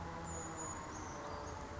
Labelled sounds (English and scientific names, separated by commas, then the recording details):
Brown Creeper (Certhia americana)
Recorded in Sonoma County, California